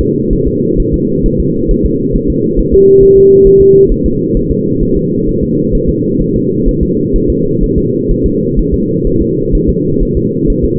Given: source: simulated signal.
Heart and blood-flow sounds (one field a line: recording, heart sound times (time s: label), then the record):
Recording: fetal heart sounds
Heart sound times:
0.01 s: S2
0.33 s: S1
0.47 s: S2
0.80 s: S1
0.94 s: S2
1.26 s: S1
1.40 s: S2
1.71 s: S1
1.86 s: S2
2.16 s: S1
2.30 s: S2
2.59 s: S1
2.74 s: S2
3.03 s: S1
3.17 s: S2
3.47 s: S1
3.61 s: S2
3.92 s: S1
4.06 s: S2
4.37 s: S1
4.51 s: S2
4.83 s: S1
4.97 s: S2
5.29 s: S1
5.43 s: S2
5.75 s: S1
5.89 s: S2
6.22 s: S1
6.36 s: S2
6.69 s: S1
6.83 s: S2
7.16 s: S1
7.30 s: S2
7.64 s: S1
7.78 s: S2
8.11 s: S1
8.26 s: S2
8.59 s: S1
8.74 s: S2
9.07 s: S1
9.22 s: S2
9.55 s: S1
9.69 s: S2
10.03 s: S1
10.17 s: S2
10.50 s: S1
10.64 s: S2
From the record:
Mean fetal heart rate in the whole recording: 130 bpm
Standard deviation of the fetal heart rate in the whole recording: 4 bpm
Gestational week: 38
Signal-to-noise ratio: -11.2 dB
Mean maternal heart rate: 72 bpm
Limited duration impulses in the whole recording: present